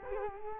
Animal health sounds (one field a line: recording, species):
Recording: mosquito wingbeat signal from an infrared sensor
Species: Culex quinquefasciatus